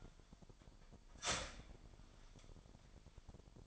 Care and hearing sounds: daily activity, microphone in the room; start toaster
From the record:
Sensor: 5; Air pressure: 1002.1 hPa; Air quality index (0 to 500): 208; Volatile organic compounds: 20 ppm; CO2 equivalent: 2696 ppm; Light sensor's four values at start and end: 33/108/41/43 and 33/108/41/43

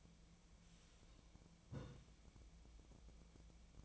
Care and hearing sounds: daily activity, microphone in the room; take from stove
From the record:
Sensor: 1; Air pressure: 1009.9 hPa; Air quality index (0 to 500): 188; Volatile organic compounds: 17 ppm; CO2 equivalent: 2580 ppm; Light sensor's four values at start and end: 38/96/40/49 and 38/96/40/49

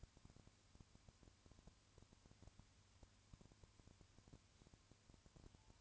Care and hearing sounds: daily activity, microphone in the room; no activity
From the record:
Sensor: 2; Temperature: 20.3 degrees Celsius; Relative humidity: 35.6%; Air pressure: 1000.9 hPa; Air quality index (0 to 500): 196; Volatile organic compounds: 5 ppm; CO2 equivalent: 1725 ppm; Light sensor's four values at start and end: 2/3/2/2 and 2/3/2/2

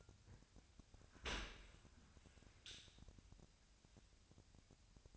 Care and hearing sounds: daily activity, microphone in the room; open dishwasher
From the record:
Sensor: 2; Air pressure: 1006.7 hPa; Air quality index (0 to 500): 201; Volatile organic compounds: 14 ppm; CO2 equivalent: 2463 ppm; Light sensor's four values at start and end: 9/22/9/9 and 9/22/9/9

